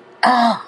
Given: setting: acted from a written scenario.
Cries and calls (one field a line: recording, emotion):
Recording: vocal sound without words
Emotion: pain